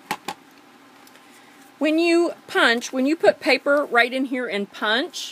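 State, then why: Seated. A plastic scoring tool is pressed into its storage slot in the end of an envelope punch board and snaps in, with two sharp clicks at 0.1 s and 0.3 s. After a short quiet pause, someone talks.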